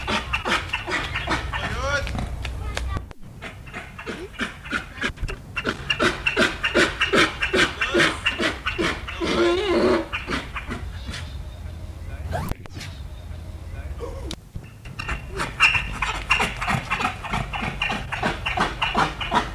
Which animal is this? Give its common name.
Père David's Deer